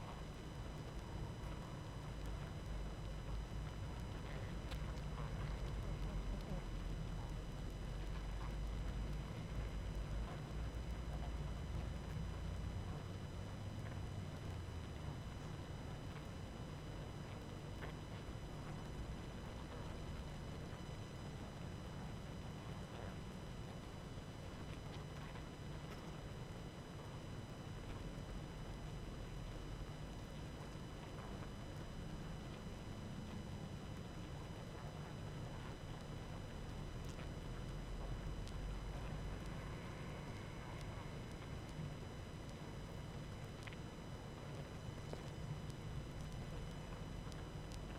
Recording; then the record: honeybee colony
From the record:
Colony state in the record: active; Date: 12 June 2018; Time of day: 19:58